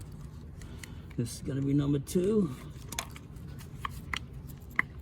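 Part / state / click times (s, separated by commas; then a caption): wiring harness plug onto ignition coil / seated / 4.8 s. On a 2000 Toyota Camry during a valve cover gasket replacement, a wiring harness plug is pushed onto the number two ignition coil while someone talks. A few faint ticks come before a sharp snap at 4.8 s, and the connector is seated.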